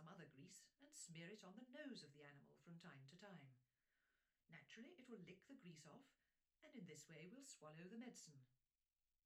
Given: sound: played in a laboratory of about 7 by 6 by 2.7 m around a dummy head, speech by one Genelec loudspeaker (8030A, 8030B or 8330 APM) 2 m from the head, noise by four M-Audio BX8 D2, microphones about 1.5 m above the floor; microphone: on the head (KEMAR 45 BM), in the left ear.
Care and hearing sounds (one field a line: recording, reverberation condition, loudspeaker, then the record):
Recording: female speech in English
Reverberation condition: low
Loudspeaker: behind (180 degrees)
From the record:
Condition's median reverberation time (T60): about 310 ms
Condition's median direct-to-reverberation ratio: about 3.5 dB